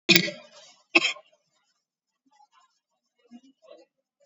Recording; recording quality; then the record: heavy voluntary cough; excellent, no background noise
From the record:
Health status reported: COVID-19 positive, moderate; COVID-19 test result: positive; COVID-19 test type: RT-PCR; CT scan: taken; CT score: 12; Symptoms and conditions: cough, cold, breathing difficulty, fatigue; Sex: female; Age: 60 years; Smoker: no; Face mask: worn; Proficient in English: yes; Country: India